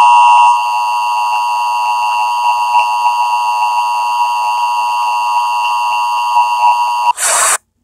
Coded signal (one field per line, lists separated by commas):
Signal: Emergency Alert System (SAME) tones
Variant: 853 and 960 Hz attention tone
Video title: Reacting to scary EAS 116 subscriber Special